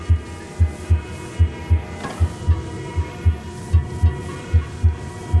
Normal S1 and S2 at base of heart. Basic heart sounds, are produced by a normally functioning heart. S2 are generated by closure of the heart's valves and the vibrations associated with closure and changes in blood flow. S1 is associated with the beginning of ventricular systole, and S2 marks the end of ventricular systole.